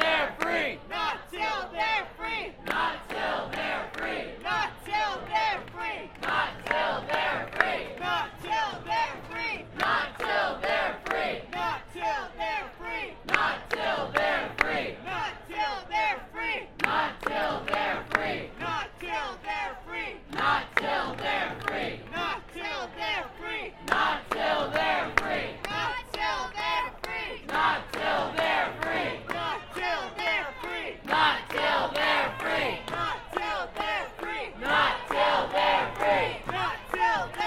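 A large crowd of protesters chants together in a steady, rhythmic call-and-response, voices rising and falling in regular bursts every second or so. The chanting is loud and dense, filling an echoing indoor space for the whole stretch.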